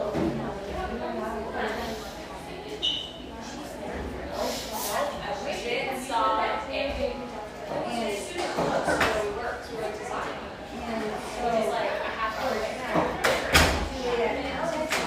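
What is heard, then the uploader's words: A humming café by the beach fills with overlapping chatter, steady voices throughout, with clinks and brief sharp sounds near 5 and 13 seconds. Humming café, settled near the beach just north of San Diego.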